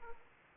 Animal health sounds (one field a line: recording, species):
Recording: mosquito wingbeat signal from an infrared sensor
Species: Aedes aegypti